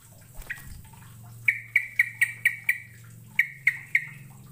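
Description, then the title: Bird chirps: a quick run of six sharp notes, a short gap, then three more, with a low droning hum underneath. "Kicau Burung"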